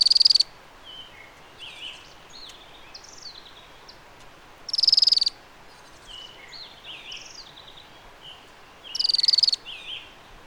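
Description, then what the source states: Thorn-tailed rayadito giving high, dry buzzy trills, three rapid bursts about every four and a half seconds, with softer thin chips between them over a faint steady hiss. In Patagonia.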